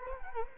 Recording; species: mosquito wingbeat signal from an infrared sensor; Culex quinquefasciatus